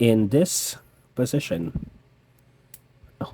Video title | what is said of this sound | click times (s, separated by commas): HOW TO TRANSFORM the SS85 Bumblebee Movie Arcee | Oh no, not that position. Like that. So it kind of locks in place on those two tabs. | 2.7 s, 3.2 s